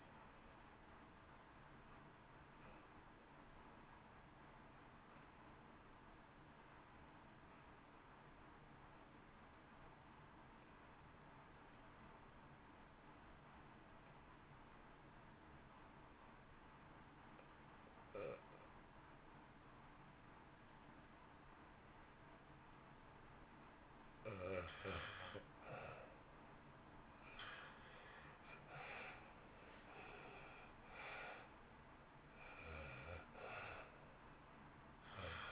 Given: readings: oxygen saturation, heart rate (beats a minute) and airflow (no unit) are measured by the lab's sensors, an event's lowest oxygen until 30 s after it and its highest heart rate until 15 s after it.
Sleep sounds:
breathing in sleep by a voice recorder at the bedside; 1
4.00-24.50 s: obstructive apnea (REM, oxygen 80% highest, then 66% lowest, heart rate 58 at the start, 75 highest)
From the record:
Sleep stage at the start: REM sleep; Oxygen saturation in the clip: 68 to 87%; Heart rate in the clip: 55 to 75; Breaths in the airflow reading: 7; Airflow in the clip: -1.2 to 1.3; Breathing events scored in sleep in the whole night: 328 in 6.3 hours asleep

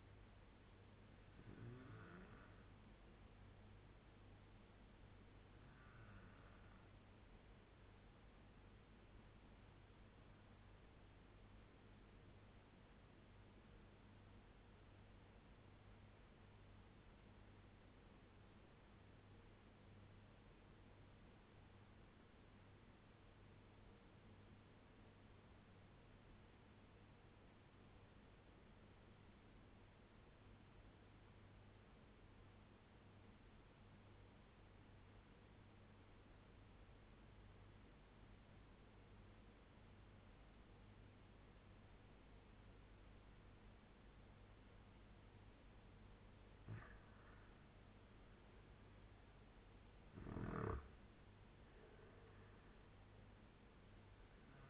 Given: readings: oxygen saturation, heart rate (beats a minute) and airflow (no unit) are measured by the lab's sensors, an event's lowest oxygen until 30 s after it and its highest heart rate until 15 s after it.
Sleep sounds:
breathing in sleep by a voice recorder at the bedside; 1
12.00-48.30 s: obstructive apnea (N1, oxygen 97% highest, then 85% lowest, heart rate 85 at the start, 93 highest)
13.00-54.70 s: new sleep stage, REM sleep
From the record:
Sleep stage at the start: N1 (lightest sleep); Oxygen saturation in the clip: 81 to 97%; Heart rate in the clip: 79 to 93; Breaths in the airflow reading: 3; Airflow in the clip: -8.0 to 6.8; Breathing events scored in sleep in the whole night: 201 in 6.5 hours asleep

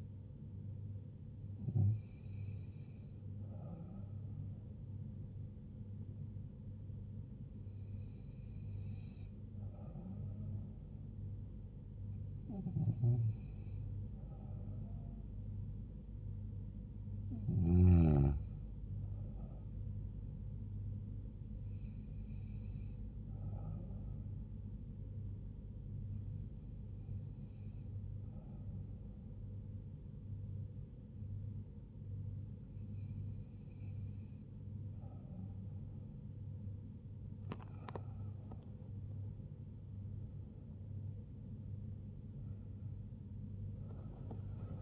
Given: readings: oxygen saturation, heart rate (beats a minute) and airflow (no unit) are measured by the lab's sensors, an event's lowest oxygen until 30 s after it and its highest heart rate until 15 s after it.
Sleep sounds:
breathing in sleep by a smartphone at the bedside; 1
23.00-36.40 s: hypopnea (N2, oxygen 94% highest, then 92% lowest, heart rate 74 at the start, 85 highest)
39.00-44.82 s: new sleep stage, awake
From the record:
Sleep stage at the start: N2 (light sleep); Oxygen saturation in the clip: 92 to 94%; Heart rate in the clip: 67 to 77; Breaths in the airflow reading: 9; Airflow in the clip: -3.5 to 7.3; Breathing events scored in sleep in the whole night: 158 in 7.3 hours asleep

